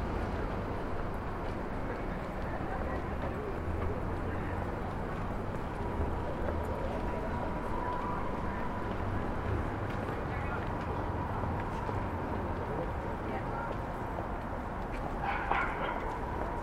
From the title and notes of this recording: 179 Starr Street Rooftop (Starr Street & Irving Ave, Brooklyn) Facing Maria Hernandez Park. Wind: 7mph North East. Rooftop recording facing Maria Hernandez park at sunset.